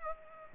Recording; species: mosquito wingbeat signal from an infrared sensor; Culex pipiens